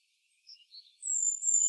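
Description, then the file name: Great tit makes a couple of short chirps, followed by a long, even, very high-pitched whistled note. "Parus major"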